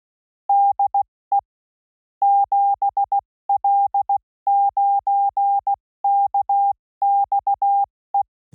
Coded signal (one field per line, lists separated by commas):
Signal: Morse code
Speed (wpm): 16 wpm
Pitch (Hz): 800 Hz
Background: none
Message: DE 7L9KXE